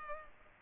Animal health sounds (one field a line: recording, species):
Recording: mosquito wingbeat signal from an infrared sensor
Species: Culex pipiens